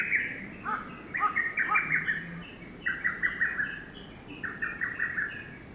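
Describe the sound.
Lesser cuckoo song: dense run of hurried whistled phrases, their notes tumbling and overlapping, gradually fading toward the end.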